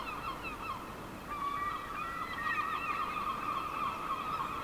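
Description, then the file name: Gulls calling as a flock, many overlapping nasal cries layered continuously, growing louder after the first second. "seagulls"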